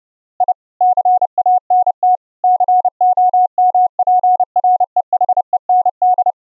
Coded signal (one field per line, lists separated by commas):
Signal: Morse code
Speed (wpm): 31 wpm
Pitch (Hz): 730 Hz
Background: none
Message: I CANT COMPREHEND